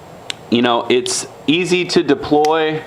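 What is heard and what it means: A Benchmade Adamas folding knife blade is flicked open and locks into its axis-style lock with a sharp tick at 0.3 s. The blade is seated and locked open, and then someone talks.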